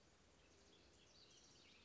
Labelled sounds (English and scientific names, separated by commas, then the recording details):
House Wren (Troglodytes aedon)
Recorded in Sonoma County, California